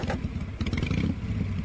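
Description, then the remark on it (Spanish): A motorcycle engine sputters and rumbles with a low, throbbing growl and rattling clatter, revving briefly in steady pulses for under two seconds with no voices. “Yo le voy a buscar la moto, que me parece se le acaba de ir y está como a dos cuadras.”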